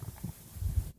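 Low, bubbling rumbles come in two short bursts within about a second, with faint room hiss. This is stomach gurgling (borborygmi), a normal sound of digestion as gas and fluid move through the gut.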